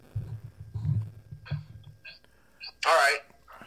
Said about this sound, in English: I had to move my phone down. It's making noises.